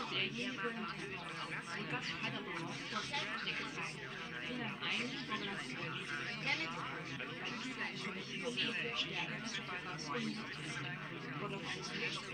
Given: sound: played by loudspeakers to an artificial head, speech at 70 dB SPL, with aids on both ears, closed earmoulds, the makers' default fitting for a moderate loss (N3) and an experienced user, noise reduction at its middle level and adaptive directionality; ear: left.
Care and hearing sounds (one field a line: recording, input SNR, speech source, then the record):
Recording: speech test signal (ISTS) in cocktail-party noise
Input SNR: -3 dB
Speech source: on the right (90 degrees)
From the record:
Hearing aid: class 2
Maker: F